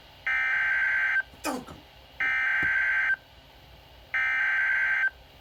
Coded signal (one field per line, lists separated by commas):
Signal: Emergency Alert System (SAME) tones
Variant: header bursts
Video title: EAS 33 SERVER THUNDERSTORM WARNING